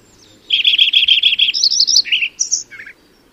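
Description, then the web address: Lincoln's sparrow song opening with a fast even string of notes, then rising and falling phrases at varied pitches, ending in a short buzzy burst. Recorded in California. "Lincoln's Sparrow Sounds Calif CLO"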